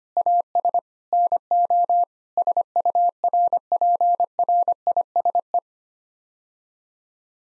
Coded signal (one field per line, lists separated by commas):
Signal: Morse code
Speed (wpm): 25 wpm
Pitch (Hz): 700 Hz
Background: none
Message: AS NO SURPRISE